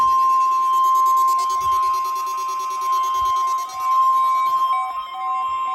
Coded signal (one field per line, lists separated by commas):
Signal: Emergency Alert System (SAME) tones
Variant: 1050 Hz attention tone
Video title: CRP Required Weekly Test on WXK26 (EAS 439) - 01/05/2021